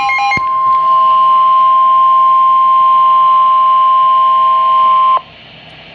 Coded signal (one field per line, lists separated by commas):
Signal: Emergency Alert System (SAME) tones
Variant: 1050 Hz attention tone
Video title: Flash Flood Warning (EAS #121)